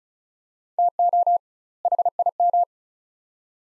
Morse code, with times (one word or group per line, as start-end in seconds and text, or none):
0.8-1.4 TO
1.9-2.6 HIM